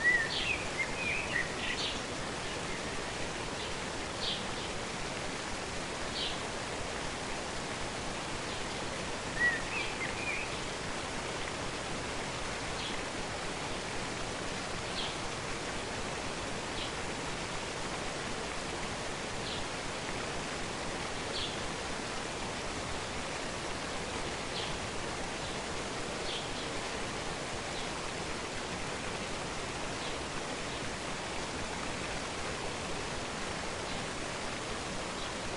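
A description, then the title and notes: A waterfall roars in a steady, dense rush across the whole clip, with faint bird chirps scattered above and a brief louder burst near ten seconds. Waterfall With Therapeutic Forest Soundscapes.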